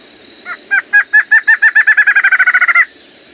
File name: Canto do choca de roraima